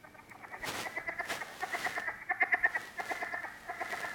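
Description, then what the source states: Southern leopard frog clucking: a rapid, uneven series of chuckling pulses that comes in bursts and repeats throughout. Played recording; a variety of complex calls, a series of clucks or chuckles plus groans like rubbing hands over a balloon, the groans diagnostic.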